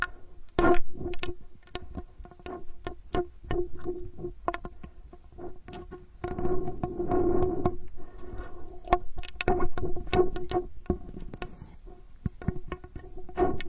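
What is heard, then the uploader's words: Ear digging with straws: sharp crackling clicks and scrapes arrive every fraction of a second, irregular and crisp. Around six to eight seconds the rubbing thickens into a rougher, denser scratching. A faint steady low hum sits underneath throughout. Unique straw therapy ear digging experience.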